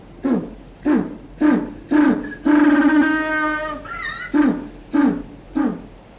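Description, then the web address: African penguin braying call: a series of short honking notes about half a second apart, then one long drawn-out harmonic bray, followed by more short honks. Formerly named jackass penguin, with a voice to match; obstreperous voice. "Birdnote. The Jackass Penguins of Africa"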